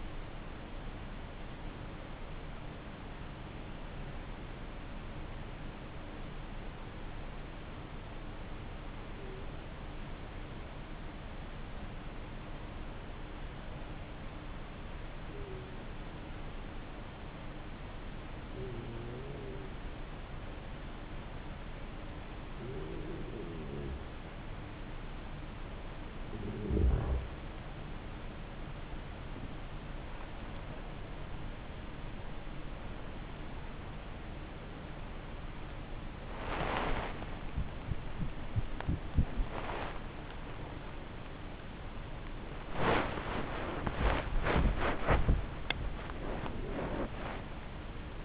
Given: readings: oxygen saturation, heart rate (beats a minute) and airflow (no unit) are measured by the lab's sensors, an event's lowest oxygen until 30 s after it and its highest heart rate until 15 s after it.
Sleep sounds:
breathing in sleep by a voice recorder at the bedside; 1
5.00-32.10 s: hypopnea (N2, oxygen 97% highest, then 92% lowest)
27.00-48.25 s: new sleep stage, awake
32.00-48.25 s: awake
From the record:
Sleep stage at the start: N2 (light sleep); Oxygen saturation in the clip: 92 to 97%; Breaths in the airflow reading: 12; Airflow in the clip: -9.8 to 12.2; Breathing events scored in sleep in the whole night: 304 in 5.6 hours asleep

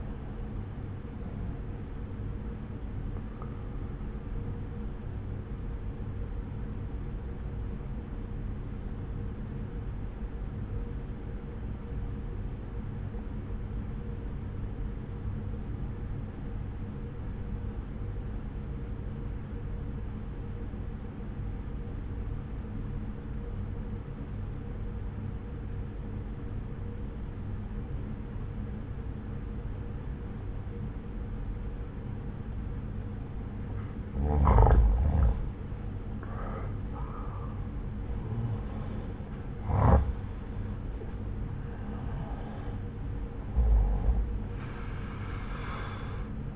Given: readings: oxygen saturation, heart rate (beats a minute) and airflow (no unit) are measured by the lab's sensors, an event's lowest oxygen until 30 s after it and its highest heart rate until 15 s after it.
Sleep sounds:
breathing in sleep by a smartphone at the bedside; 1
8.00-35.60 s: obstructive apnea (N1, oxygen 94% highest, then 87% lowest)
From the record:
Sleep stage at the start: N1 (lightest sleep); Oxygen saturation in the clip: 88 to 94%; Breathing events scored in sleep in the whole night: 303 in 8.1 hours asleep

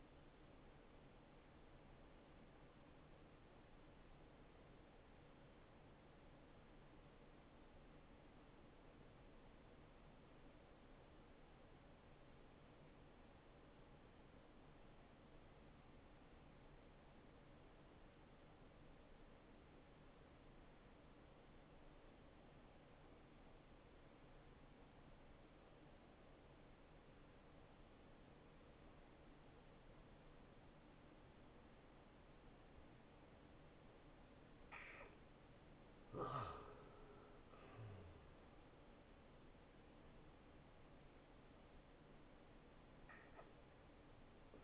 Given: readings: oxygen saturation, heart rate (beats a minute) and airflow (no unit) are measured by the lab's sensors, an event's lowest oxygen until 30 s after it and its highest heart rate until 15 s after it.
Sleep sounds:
breathing in sleep by a voice recorder at the bedside; 1
5.00-36.80 s: obstructive apnea (N1, oxygen 95% highest, then 84% lowest, heart rate 67 at the start, 72 highest)
9.00-39.00 s: new sleep stage, N2 (light sleep)
39.00-44.64 s: new sleep stage, N1 (lightest sleep)
From the record:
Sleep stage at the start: N1 (lightest sleep); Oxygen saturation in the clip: 81 to 95%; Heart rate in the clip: 60 to 73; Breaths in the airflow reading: 3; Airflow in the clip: -16.6 to 5.7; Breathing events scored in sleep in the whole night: 263 in 5.5 hours asleep

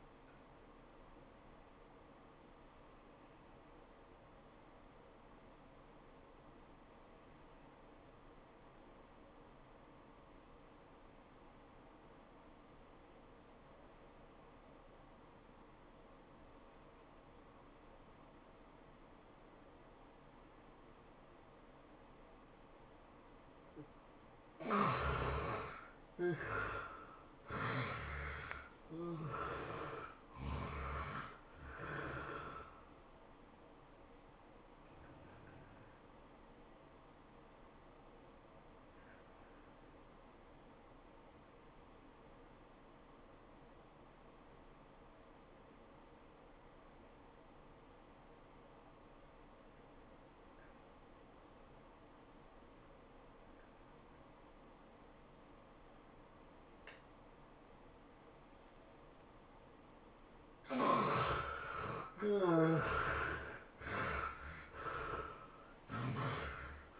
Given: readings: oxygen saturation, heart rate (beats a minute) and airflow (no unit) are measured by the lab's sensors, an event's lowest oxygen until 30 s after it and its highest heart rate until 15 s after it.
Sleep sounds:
breathing in sleep by a voice recorder at the bedside; 2
5.00-21.20 s: obstructive apnea (N2, oxygen 94% highest, then 73% lowest, heart rate 88 at the start, 108 highest)
47.00-63.00 s: obstructive apnea (N2, oxygen 94% highest, then 70% lowest, heart rate 90 at the start, 110 highest)
63.00-67.00 s: new sleep stage, N1 (lightest sleep)
From the record:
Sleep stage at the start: N2 (light sleep); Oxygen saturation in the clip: 72 to 94%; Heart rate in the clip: 81 to 108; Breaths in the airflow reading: 9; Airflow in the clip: -15.4 to 15.6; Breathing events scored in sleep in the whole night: 403 in 5.5 hours asleep

